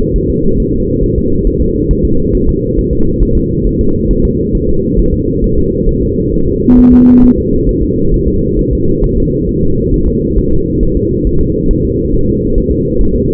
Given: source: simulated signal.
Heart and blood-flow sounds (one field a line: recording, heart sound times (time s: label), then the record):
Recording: fetal heart sounds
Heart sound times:
0.16 s: S1
0.30 s: S2
0.60 s: S1
0.74 s: S2
1.04 s: S1
1.18 s: S2
1.47 s: S1
1.62 s: S2
1.91 s: S1
2.05 s: S2
2.35 s: S1
2.49 s: S2
2.79 s: S1
2.93 s: S2
3.23 s: S1
3.37 s: S2
3.67 s: S1
3.81 s: S2
4.11 s: S1
4.25 s: S2
4.55 s: S1
4.69 s: S2
5.00 s: S1
5.14 s: S2
5.44 s: S1
5.58 s: S2
5.89 s: S1
6.03 s: S2
6.34 s: S1
6.48 s: S2
6.79 s: S1
6.93 s: S2
7.24 s: S1
7.38 s: S2
7.69 s: S1
7.83 s: S2
8.14 s: S1
8.28 s: S2
8.59 s: S1
8.73 s: S2
9.04 s: S1
9.18 s: S2
9.49 s: S1
9.63 s: S2
9.94 s: S1
10.08 s: S2
10.39 s: S1
10.53 s: S2
10.83 s: S1
10.97 s: S2
11.27 s: S1
11.41 s: S2
11.71 s: S1
11.85 s: S2
12.14 s: S1
12.29 s: S2
12.58 s: S1
12.72 s: S2
13.01 s: S1
13.16 s: S2
From the record:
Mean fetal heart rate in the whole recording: 135 bpm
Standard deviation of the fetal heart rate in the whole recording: 3 bpm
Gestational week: 36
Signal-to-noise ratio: -16.4 dB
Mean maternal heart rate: 72 bpm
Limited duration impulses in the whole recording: present